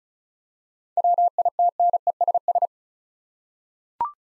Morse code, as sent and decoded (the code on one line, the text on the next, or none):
.-- .. - -. . ... ...
WITNESS